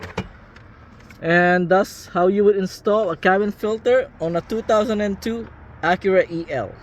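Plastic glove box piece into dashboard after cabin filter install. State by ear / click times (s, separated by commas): seated / 0.2 s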